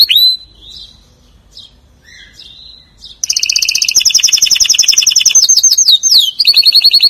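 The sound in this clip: Atlantic canary song: a slurred note and a few soft chirps, then bursting into loud, rapid trills that slide between pitches in quick rolled phrases.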